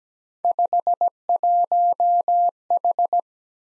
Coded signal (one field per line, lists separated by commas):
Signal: Morse code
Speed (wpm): 17 wpm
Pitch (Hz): 700 Hz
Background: none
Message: 51H